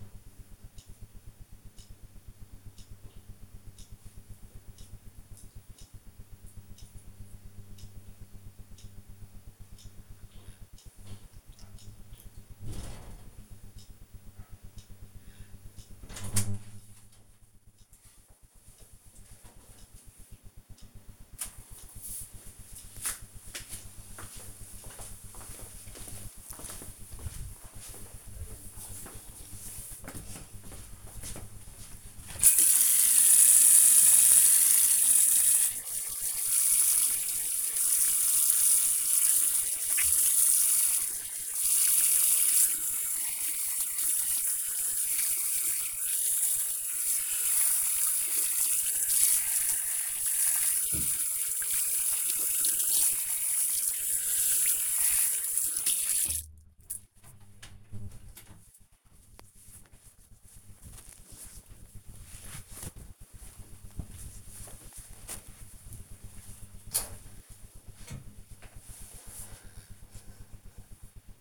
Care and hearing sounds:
household activities, microphone on the right wrist
34.36-59.52 s: washing hands

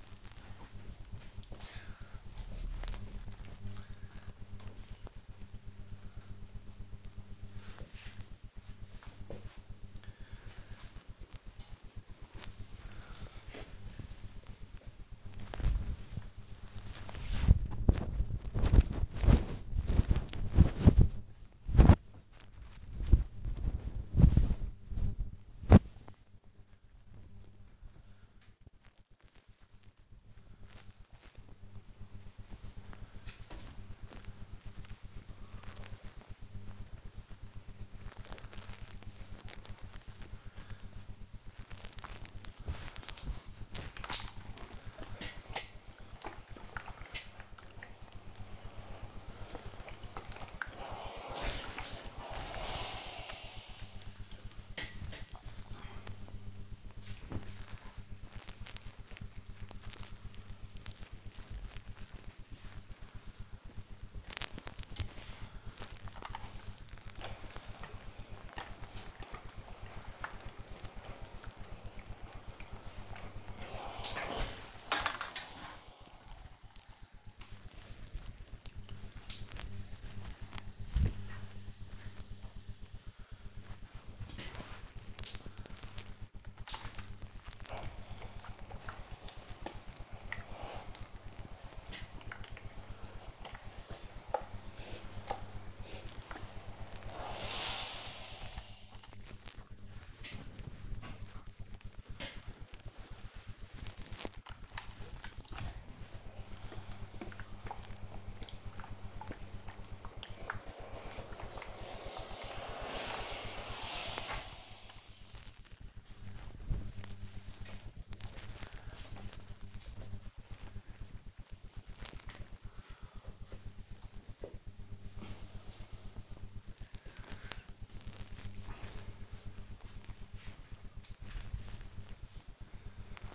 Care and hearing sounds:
household activities, microphone on the right wrist
0.00-2.06 s: ironing laundry
44.40-118.97 s: ironing laundry

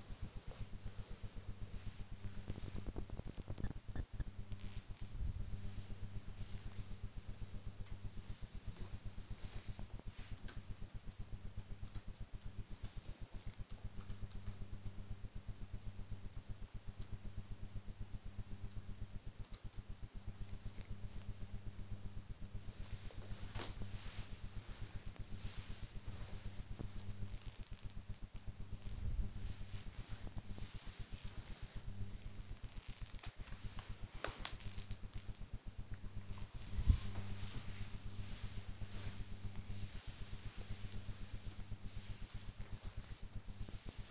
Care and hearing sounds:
household activities, microphone on the right wrist
0.00-44.11 s: petting the dog

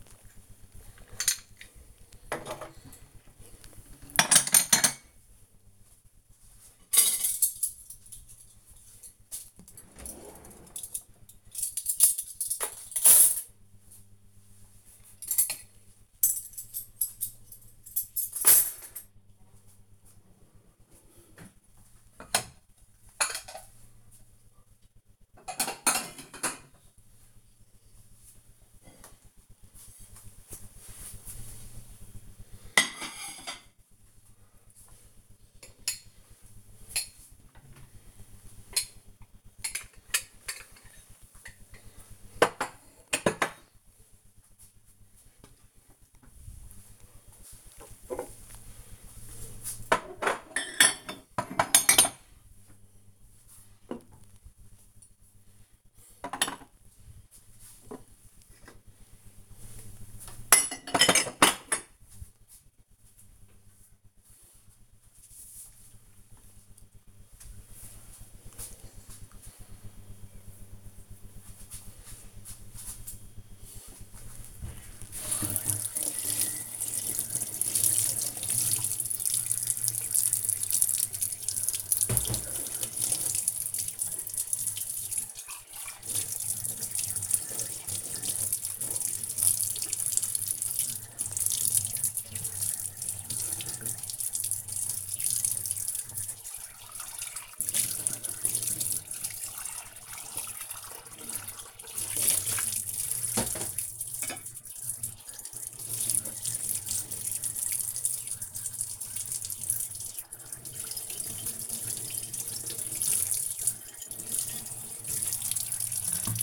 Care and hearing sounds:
household activities, microphone on the right wrist
0.00-64.75 s: putting away the dishes
73.81-116.43 s: washing dishes

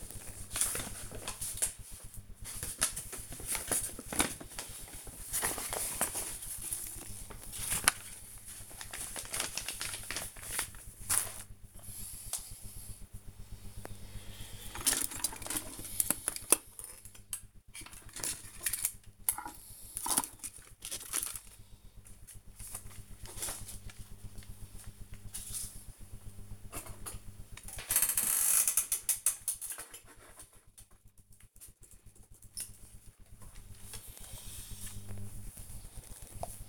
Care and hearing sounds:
household activities, microphone on the right wrist
0.00-33.19 s: sorting documents

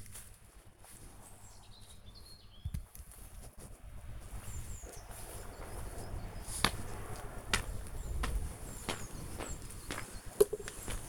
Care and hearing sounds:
household activities, microphone on the right wrist
0.00-11.08 s: cutting wood

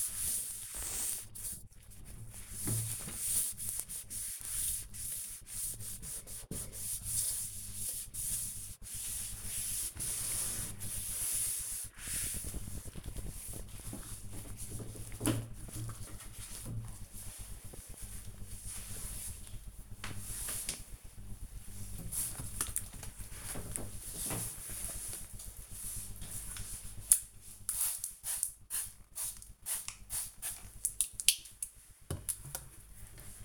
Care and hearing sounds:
household activities, microphone on the right wrist
0.00-16.29 s: cleaning door
25.34-33.45 s: cleaning door

